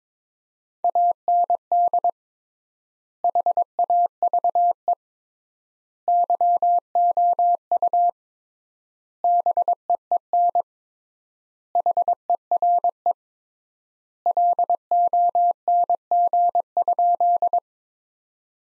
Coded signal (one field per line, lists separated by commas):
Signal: Morse code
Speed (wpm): 22 wpm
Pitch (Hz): 700 Hz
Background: none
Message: AND HAVE YOU BEEN HERE LONG?